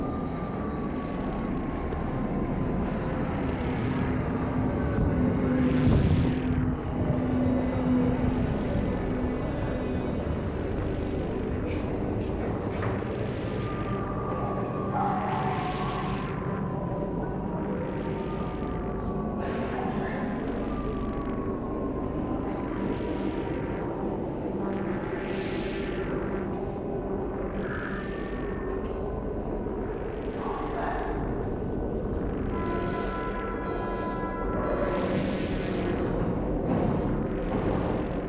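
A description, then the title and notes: Subway noise rumbles steadily and low, with a synth's sliding tones and bright swelling hisses rising and falling every few seconds. Then we have sounds from the Berlin subway and polysynth in Bitwig Studio.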